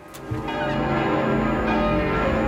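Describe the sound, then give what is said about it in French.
Church bells in Paris peal together in a loud, continuous wash of overlapping metallic tones, rung after the radio asked the priest of Paris to sound them; they swell in after a brief start and keep ringing steadily, with no voices. “On va en entendre un dialogue que des Parisiens dotés de moyens d'enregistrement tiennent au moment où la radio vient de demander au curé de Paris de sonner les cloches.”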